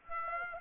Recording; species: mosquito wingbeat signal from an infrared sensor; Aedes aegypti